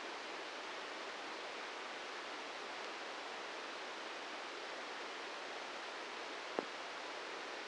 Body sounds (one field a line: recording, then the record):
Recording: brain microelectrode recording played as sound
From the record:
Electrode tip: inside the subthalamic nucleus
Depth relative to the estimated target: -1 mm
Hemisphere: right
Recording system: NeuroSet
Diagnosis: Parkinson's disease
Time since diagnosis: 13 years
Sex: male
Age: 63 years